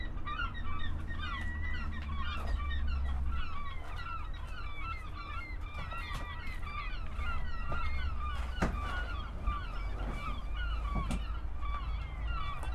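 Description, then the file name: Many gulls give short, arched yelping calls that overlap continuously over a steady low background rumble. Recorded on 7 August 2008. "20080807 Seagulls"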